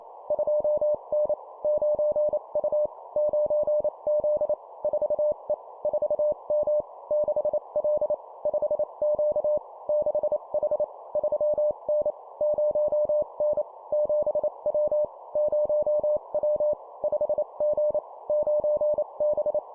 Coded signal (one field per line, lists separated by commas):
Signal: Morse code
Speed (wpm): 28 wpm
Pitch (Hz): 600 Hz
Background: none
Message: 2N 9U 9Z 4E 4M 6L 5Q 6H 3N 0N 7W 0W 5G 9B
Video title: 25wpm Two number letter words, cw morse code